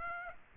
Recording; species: mosquito wingbeat signal from an infrared sensor; Aedes aegypti